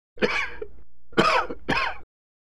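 Three coughs from an adult.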